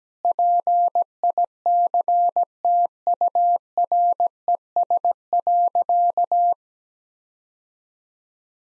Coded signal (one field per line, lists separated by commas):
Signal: Morse code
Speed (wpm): 17 wpm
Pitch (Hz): 700 Hz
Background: none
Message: PICTURES.